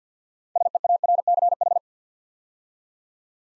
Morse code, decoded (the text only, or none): SEARCH